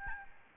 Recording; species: mosquito wingbeat signal from an infrared sensor; Aedes albopictus